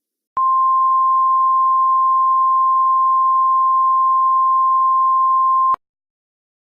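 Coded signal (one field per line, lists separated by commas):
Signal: Emergency Alert System (SAME) tones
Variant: 1050 Hz attention tone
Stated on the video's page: Fictional EAS scenario.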